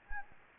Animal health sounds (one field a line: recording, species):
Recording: mosquito wingbeat signal from an infrared sensor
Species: Anopheles gambiae